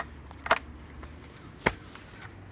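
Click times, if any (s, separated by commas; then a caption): 1.7 s. With the key removed, a removable battery pack is pushed into the frame mount of a 2022 Voltbike Enduro e-bike. A few quiet knocks and a firmer bump around 0.5 s come as it is worked into place, then a sharp snap at 1.7 s as it seats, confirmed in.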